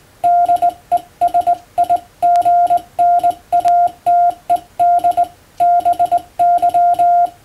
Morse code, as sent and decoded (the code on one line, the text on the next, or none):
-.. . ... .. --. -. .- - . -.. / -... -.--
DESIGNATED BY